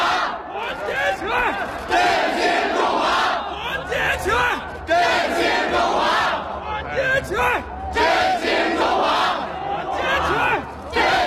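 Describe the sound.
A large crowd chants slogans together in loud unison, many voices blending into a steady, rhythmic roar that rises and dips in waves throughout.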